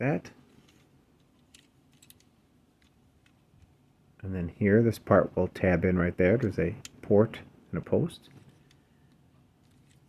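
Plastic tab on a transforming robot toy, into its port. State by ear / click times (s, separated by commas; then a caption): not seated / none. Someone talks while lining up a plastic tab on a Bai Wei Nemesis Prime (Studio Series 102 ROTB Voyager class KO TW-30 Evil Optimus) transforming robot toy with its port and post, before pushing it home. Only a few faint, short ticks are heard under the quiet background before the talking. Nothing has clicked or seated yet.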